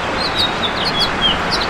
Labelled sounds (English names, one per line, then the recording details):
House Finch song
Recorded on Long Island, New York, on 26 June 2012
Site BW
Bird A